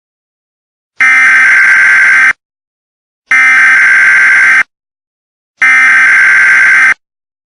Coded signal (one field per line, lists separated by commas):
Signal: Emergency Alert System (SAME) tones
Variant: header bursts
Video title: SCP 610 EAS preview